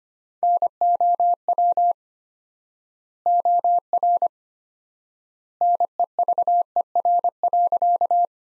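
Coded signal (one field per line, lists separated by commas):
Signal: Morse code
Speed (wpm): 25 wpm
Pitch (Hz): 700 Hz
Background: none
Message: NOW OR NEVER.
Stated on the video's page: Practice sentences from top 300 words at 25 wpm with 4x standard word spacing, a word-level Farnsworth-like method.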